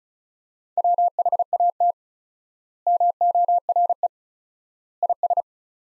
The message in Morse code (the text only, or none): WHAT MORE IS